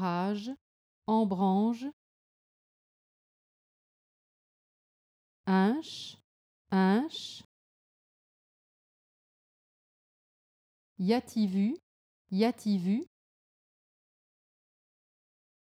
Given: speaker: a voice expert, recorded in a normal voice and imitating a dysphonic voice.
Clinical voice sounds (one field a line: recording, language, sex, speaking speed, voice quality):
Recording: pseudo-word pairs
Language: French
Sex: female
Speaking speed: normal speed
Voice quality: normal voice